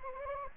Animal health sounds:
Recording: mosquito wingbeat signal from an infrared sensor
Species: Anopheles gambiae

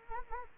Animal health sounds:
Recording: mosquito wingbeat signal from an infrared sensor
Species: Anopheles arabiensis

